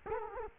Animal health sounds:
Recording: mosquito wingbeat signal from an infrared sensor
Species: Culex quinquefasciatus

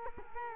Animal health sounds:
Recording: mosquito wingbeat signal from an infrared sensor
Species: Culex quinquefasciatus

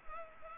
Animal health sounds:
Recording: mosquito wingbeat signal from an infrared sensor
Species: Culex pipiens

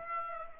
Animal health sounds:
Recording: mosquito wingbeat signal from an infrared sensor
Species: Aedes aegypti

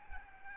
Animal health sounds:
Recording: mosquito wingbeat signal from an infrared sensor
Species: Aedes albopictus

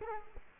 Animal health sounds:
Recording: mosquito wingbeat signal from an infrared sensor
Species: Culex quinquefasciatus

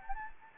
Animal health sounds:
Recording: mosquito wingbeat signal from an infrared sensor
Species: Anopheles gambiae

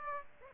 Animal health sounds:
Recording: mosquito wingbeat signal from an infrared sensor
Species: Aedes aegypti

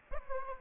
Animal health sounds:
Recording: mosquito wingbeat signal from an infrared sensor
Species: Aedes aegypti

